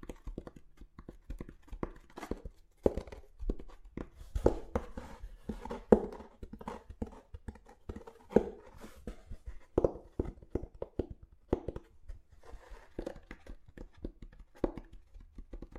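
Tapping on different objects, with dense, irregular knocks and clicks coming several times a second throughout. Some taps land with a duller, lower thud around five, six, eight and ten seconds, while others are sharp and bright, and a faint low hum sits underneath.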